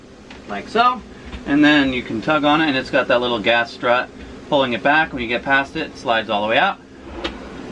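A fridge drawer on soft-close drawer slides is pushed all the way back until the slide snaps into place, giving a short click at 0.3 s. Someone talks before and after the click, and the drawer ends up seated in its slides.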